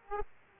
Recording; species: mosquito wingbeat signal from an infrared sensor; Aedes aegypti